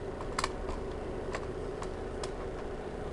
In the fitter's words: I'm going to put this panel right back on snaps right into place